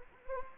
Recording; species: mosquito wingbeat signal from an infrared sensor; Anopheles gambiae